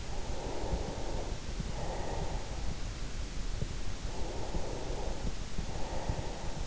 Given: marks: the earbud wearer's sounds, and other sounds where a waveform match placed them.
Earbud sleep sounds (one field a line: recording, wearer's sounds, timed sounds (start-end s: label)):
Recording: sounds in sleep by an in-ear microphone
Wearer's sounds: breath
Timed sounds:
0.31-2.64 s: breath
4.07-6.67 s: breath